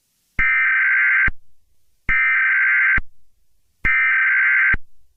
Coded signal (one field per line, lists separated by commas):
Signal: Emergency Alert System (SAME) tones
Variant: header bursts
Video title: @TheMonick79 EAS: Kid gets kidnapped by Johnathan Jackson the free candy man